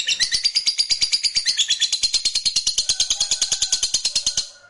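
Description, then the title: Lovebird giving a continuous rapid chattering trill of shrill pulses, fading slightly at the very end. Fighter-type lovebird giving ngekek, a long drawn-out trilling call. "Suara Lovebird FIGHTER NGEKEK PANJANG"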